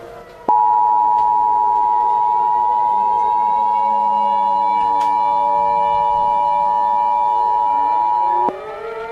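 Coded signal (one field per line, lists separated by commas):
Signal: Emergency Alert System (SAME) tones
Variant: 853 and 960 Hz attention tone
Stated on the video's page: Fictional terror-attack EAS scenario with valid tones, fake and made for entertainment.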